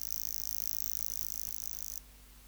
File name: Stenobothrus rubicundulus